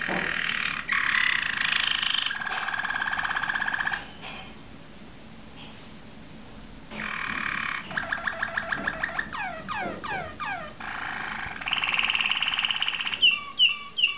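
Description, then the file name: Waterslager canary song with long bubbling rolls, a short pause, rattling tours, descending swept whistles and a buzzy trill ending in quick notes. "malinois waterslager omkicau"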